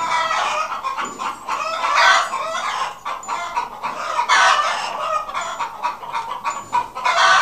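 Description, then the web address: Chickens clucking and cackling together, a dense run of harsh, overlapping calls that rise and fall in loudness throughout. Chickens in a henhouse. "Huehnerstall"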